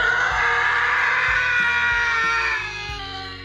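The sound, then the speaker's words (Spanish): A long, piercing scream rings through a house, holding steady for a few seconds before slowly fading, with a low, pulsing rumble throbbing underneath. “Un grito rompe la casa.”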